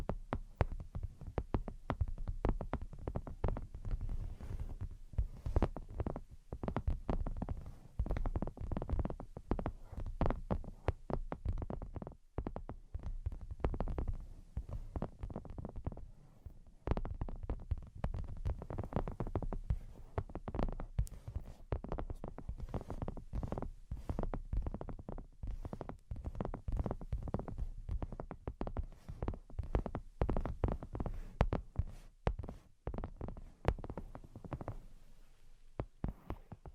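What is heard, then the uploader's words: Rapid tapping runs for the whole stretch, a dense patter of quick dull knocks over a steady low thump. The taps come in irregular bursts with brief gaps near 12 and 17 seconds, mostly soft and bass-heavy with occasional brighter clicks. Brain Penetrating 3D Tapping.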